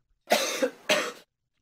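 Two harsh, forceful coughs in quick succession, the first with a brief second push, lasting about a second in all. It is a dry, somewhat deep irritant cough from an adult who has just eaten a chili pepper.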